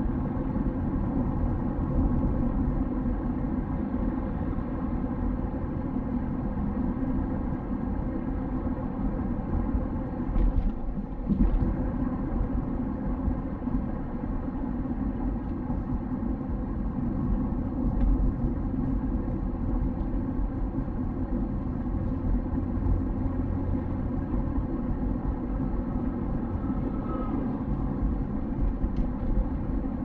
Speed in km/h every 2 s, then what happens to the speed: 53, 53, 53, 53, 53, 51, 49, 44, 41, 42, 44, 46, 46, 46, 46.
0-8 steady at about 53. 8-15 slows to 41. 15-30 steady at about 46.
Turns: none.